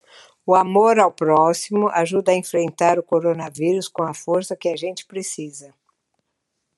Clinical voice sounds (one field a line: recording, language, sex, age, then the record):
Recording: spoken sentence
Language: Brazilian Portuguese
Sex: female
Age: 60 to 69 years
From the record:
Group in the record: control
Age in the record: 61 years